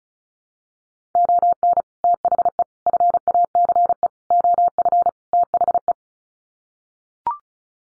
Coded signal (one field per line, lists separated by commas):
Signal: Morse code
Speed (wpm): 34 wpm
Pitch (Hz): 700 Hz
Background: none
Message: ON THE FACE OF THE